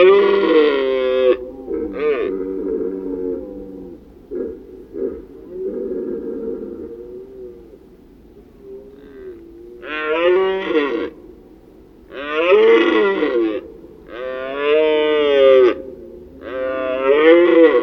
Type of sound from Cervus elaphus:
call